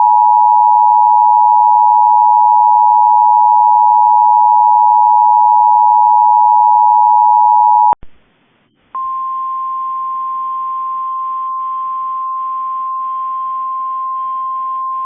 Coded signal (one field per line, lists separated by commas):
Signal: Emergency Alert System (SAME) tones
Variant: 853 and 960 Hz attention tone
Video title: RARE Severe Weather Statement (Severe Thunderstorm Warning cont.) EAS (Cox) 6/18/25